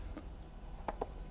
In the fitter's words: Pop it all down. And you heard it clunk into place.